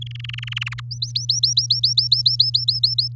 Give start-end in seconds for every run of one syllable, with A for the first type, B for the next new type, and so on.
0.01-0.80 A, 0.91-3.08 B